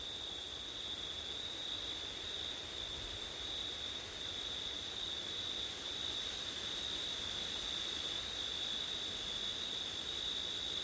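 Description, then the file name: Cricket chorus of continuous high trilling, one tone steady and another shrill band above, with low wind noise throughout and a couple of brief breaks in the top band. Crickets on a September night, with wind; labelled ortif. "crickets wind september night ortif"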